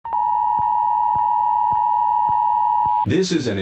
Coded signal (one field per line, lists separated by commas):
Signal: Emergency Alert System (SAME) tones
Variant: 853 and 960 Hz attention tone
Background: speech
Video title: If the Rain is Red, Look Away: EAS Analog Scenario